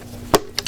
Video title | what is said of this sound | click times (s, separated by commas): Thompson 1927a1 Third Hand demonstration. | and it clicks in place all right | 0.3 s, 0.6 s